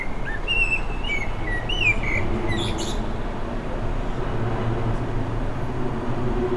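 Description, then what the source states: Blackbird song phrase of rich whistled notes in the first three seconds, closing with brief high squeaks, then only a continuous low background hum. Recorded 29 May 2020.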